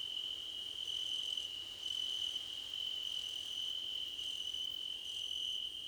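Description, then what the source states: Several crickets trilling, a constant high-pitched ring with intermittent higher chirp bursts roughly every second. Several crickets singing together in a chorus, described as a choir competition.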